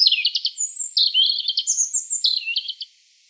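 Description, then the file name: European robin song: thin high whistles mixed with quick rattling trills and twittering notes, phrases changing pitch throughout, no other sounds. "Erithacus rubecula"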